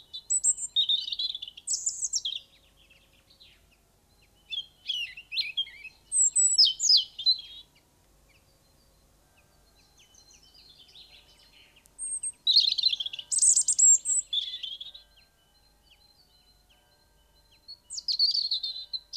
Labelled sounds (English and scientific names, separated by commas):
European Robin (Erithacus rubecula) song